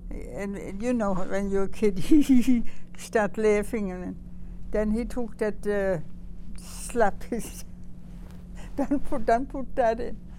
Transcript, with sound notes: and, you know, when you're a kid, hee-hee- hee, start laughing and then, then he took that, uh, slap his, (she laughs) don't put, don't put that in,